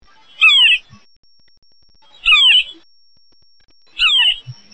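Red-breasted sapsucker giving squealing, nasal mewing calls that slur downward, three calls spaced about two seconds apart, with quiet background.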